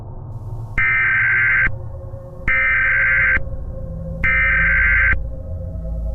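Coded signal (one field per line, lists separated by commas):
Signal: Emergency Alert System (SAME) tones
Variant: header bursts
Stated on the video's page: Fictional EAS scenario, not a real alert.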